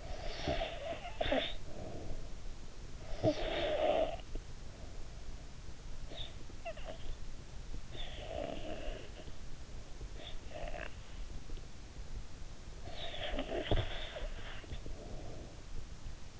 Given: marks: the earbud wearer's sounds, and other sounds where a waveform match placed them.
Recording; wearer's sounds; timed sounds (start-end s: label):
sounds in sleep by an in-ear microphone; snoring breath
0.00-2.40 s: snoring breath
2.97-4.60 s: snoring breath
5.86-7.26 s: snoring breath
7.69-9.46 s: snoring breath
10.00-11.14 s: snoring breath
12.60-15.63 s: snoring breath